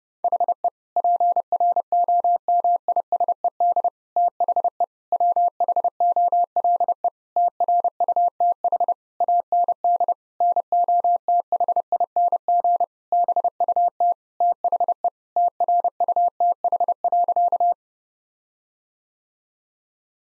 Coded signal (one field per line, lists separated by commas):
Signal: Morse code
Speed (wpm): 32 wpm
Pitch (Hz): 700 Hz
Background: none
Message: HE PROMISED THE WHOLE TRUTH AND NOTHING BUT THE TRUTH.